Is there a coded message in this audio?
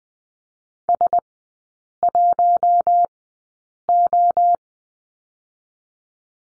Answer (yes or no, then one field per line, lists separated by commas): yes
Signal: Morse code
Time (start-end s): 0.9-4.6 s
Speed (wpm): 20 wpm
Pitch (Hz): 700 Hz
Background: none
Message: S1O